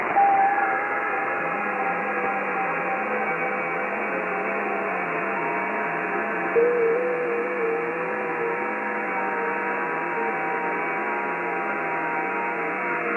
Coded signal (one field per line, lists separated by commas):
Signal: FT8